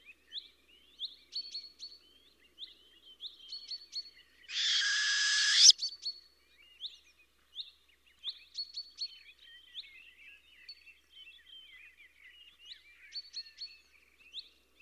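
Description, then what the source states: Owl with a single grating, hiss-like screech just over a second long, set among continuous high twittering and chirping. Fierce call.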